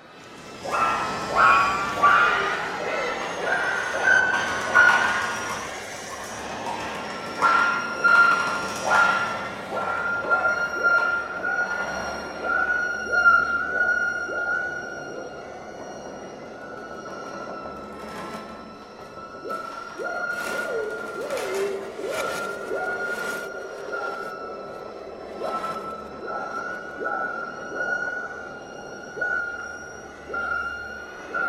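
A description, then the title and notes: Gibbon-like whooping calls rise and fall over a sustained high voice with sweeping pitch bends, dense early, thinning later with sharp bright bursts. Gibbon Voices - SpectraLayers 7. Imprinting the sound of gibbons in the jungle onto a female soprano voice with doppler FX using SpectraLayer 7 (moulding function).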